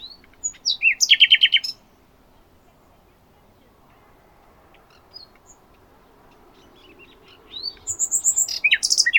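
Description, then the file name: Common nightingale song: a burst of varied notes ending in a rapid throbbing trill, a long quiet gap of about six seconds, then another rich, fast phrase. "Luscinia megarhynchos"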